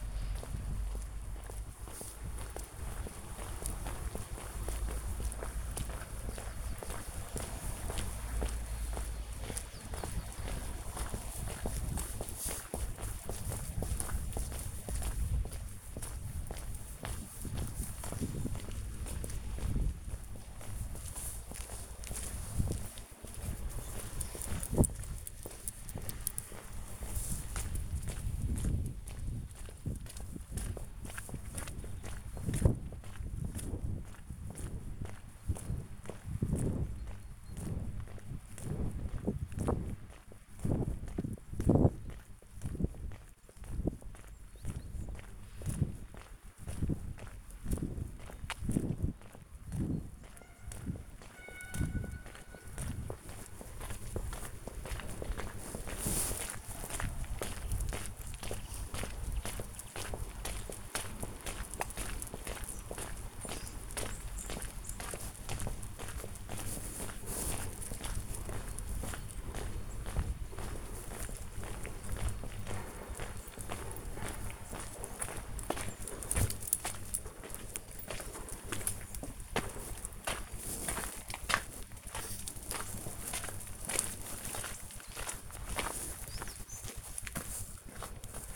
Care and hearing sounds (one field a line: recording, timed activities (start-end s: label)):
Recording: household activities, microphone on the right wrist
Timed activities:
0.00-88.56 s: going for a walk with dog